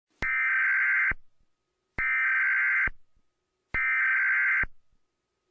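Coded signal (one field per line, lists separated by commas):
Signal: Emergency Alert System (SAME) tones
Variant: header bursts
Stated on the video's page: Requested fictional scenario of a Required Monthly Test.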